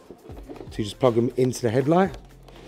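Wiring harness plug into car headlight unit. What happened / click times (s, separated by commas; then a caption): Handled, not yet home: the plug has not snapped in / none. Wiring harness plugs are handled at the back of a replacement LCI halogen headlight unit during a pre-LCI to LCI halogen headlight retrofit on a BMW E60/E61. Someone talks throughout, followed by quiet handling noise. Nothing has seated or clicked yet.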